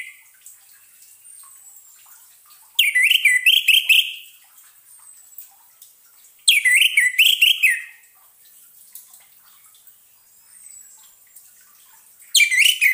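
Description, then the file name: Orange-headed thrush song in short bursts of rich, warbling whistles separated by pauses of several seconds, with faint thin whistles in the pauses. Song therapy for an orange-headed thrush that has stopped singing. "terapi suara anis merah macet bunyi"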